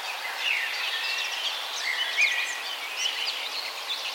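Bird chorus of overlapping high chirps and brief whistled notes, tangled together without pause against a faint hiss.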